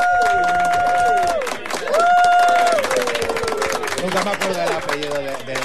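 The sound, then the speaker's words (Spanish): Dense, steady clapping from a crowd fills the whole stretch, with loud whooping cheers that hold a high pitch and then slide downward over the first few seconds. “¿has preparado los aplausos?”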